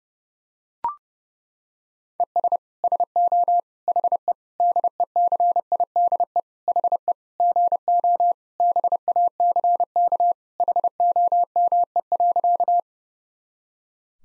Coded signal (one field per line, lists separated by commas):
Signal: Morse code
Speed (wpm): 31 wpm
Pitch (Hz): 700 Hz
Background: none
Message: ES SO HE DECIDE HE GO BACK HOME.